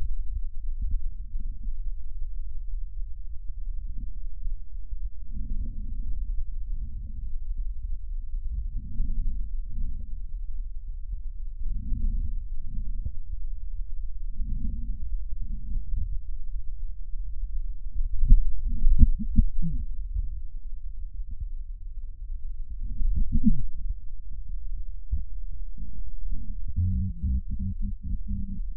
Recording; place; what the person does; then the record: lung sounds by stethoscope; left posterior basal chest; quiet breathing, then cough and speech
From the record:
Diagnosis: COPD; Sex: female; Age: 72 years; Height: 156 cm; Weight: 72 kg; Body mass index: 29.6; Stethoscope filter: bell mode